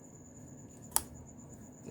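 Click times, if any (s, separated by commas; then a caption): 1.0 s. An O2 sensor wiring plug is pushed back into its plastic socket on a motorcycle, giving one sharp, bright click at 0.9 seconds as it latches and seats. Quiet background hiss follows, with a faint soft knock near the end.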